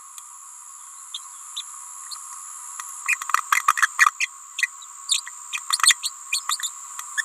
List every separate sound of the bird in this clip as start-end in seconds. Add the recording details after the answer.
1.14-1.19, 1.56-1.62, 3.08-3.16, 3.52-3.62, 3.67-3.73, 3.77-3.88, 3.98-4.11, 4.20-4.28, 4.58-4.62, 5.08-5.22, 5.52-5.60, 6.03-6.11, 6.32-6.40, 6.48-6.57, 7.17-7.22. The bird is a female. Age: 28 days. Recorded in a nest box in Venezuela. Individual 17B31A3